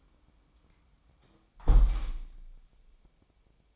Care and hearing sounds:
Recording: daily activity, microphone in the room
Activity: close window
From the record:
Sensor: 1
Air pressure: 1000.4 hPa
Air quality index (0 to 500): 169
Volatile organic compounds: 4 ppm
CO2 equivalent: 1554 ppm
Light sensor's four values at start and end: 12/28/12/14 and 11/27/11/13

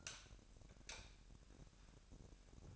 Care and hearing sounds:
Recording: daily activity, microphone in the room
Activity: light off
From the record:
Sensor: 2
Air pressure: 1011.8 hPa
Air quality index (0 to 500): 214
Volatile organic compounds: 3 ppm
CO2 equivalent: 1506 ppm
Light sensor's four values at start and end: 16/44/18/18 and 12/27/12/12

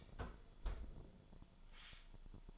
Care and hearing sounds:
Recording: daily activity, microphone in the room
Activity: close fridge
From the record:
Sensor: 5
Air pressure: 1007.9 hPa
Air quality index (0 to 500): 95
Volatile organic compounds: 1 ppm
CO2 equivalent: 748 ppm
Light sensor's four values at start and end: 38/88/37/37 and 38/87/36/37

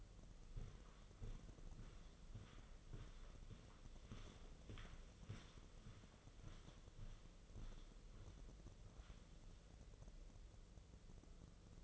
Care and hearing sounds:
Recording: daily activity, microphone in the room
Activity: walk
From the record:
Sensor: 4

